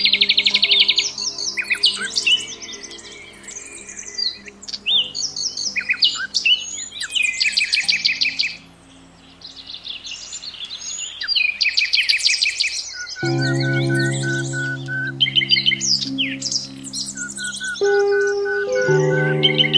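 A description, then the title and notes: Wild birds chirp and trill constantly over soft, sustained music whose held low notes change every few seconds. The bird calls are dense, bright and quick, with a brief lull near the middle before the music swells fuller and louder toward the end. WILD BIRDS NATURAL SOUNDS AND RELAXING MUSIC.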